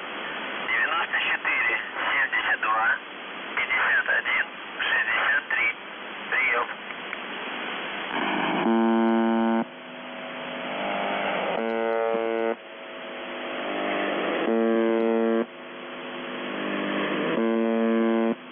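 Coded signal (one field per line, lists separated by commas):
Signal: numbers station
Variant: UVB-76 (The Buzzer)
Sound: muffled voice message over static, then about four low harsh buzzes, each roughly 2 seconds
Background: radio static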